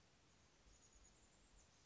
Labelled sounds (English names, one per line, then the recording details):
Chestnut-backed Chickadee
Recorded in Sonoma County, California